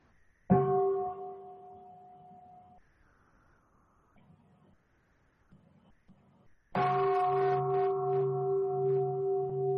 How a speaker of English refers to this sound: I think we will invite a sound of the bell. Come back to our breathing